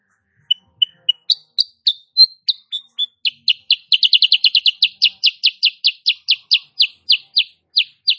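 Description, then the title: Sooty-headed bulbul song of high chirps: a few spaced notes first, then a quick dense burst easing into evenly repeated chirps, about three per second. Female sooty-headed bulbul (kutilang sutra), singing continuously and rapidly; recording used as master song for training cage birds. "Masteran Kutilang Sutra. Kutilang SUTRA BETINA GACOR nembak RAPAT"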